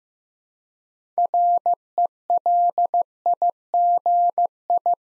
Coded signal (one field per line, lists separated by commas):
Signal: Morse code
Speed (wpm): 15 wpm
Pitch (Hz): 700 Hz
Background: none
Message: RELIGI